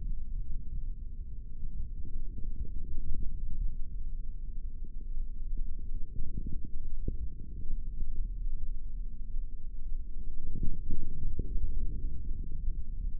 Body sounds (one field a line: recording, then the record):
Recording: forearm muscle sounds (acoustic myography)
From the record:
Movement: forearm supination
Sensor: system 3, bracelet of six PUI Audio POM-2738L microphones around the upper forearm, with dedicated amplification and filtering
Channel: 2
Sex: male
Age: 25 years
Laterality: right